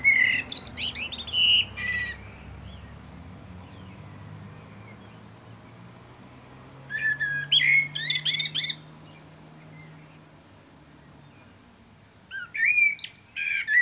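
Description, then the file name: Common blackbird: three song phrases of fluted warbling with high squeaky codas, separated by long pauses, over a low hum. "Turdus merula"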